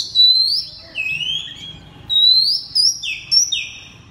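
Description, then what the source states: Oriental magpie-robin whistling long, pure, rising notes alternating high and slightly lower, followed by two short lower whistles. Loud 'ngeplong keras' singing style of a magpie-robin known locally as kacer.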